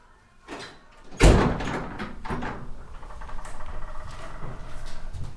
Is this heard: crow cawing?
no